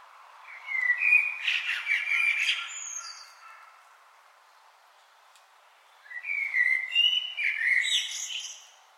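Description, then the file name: Common blackbird singing two separate phrases, each a low flute-like warble finishing in high, buzzy twitters, with a quiet gap between them. "Turdus merula"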